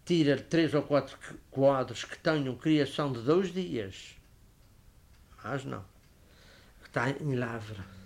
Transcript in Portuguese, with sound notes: tira-lhe três ou quatro q- quadros que tenham criação de dois dias, [pausa] mais não, que está em larva.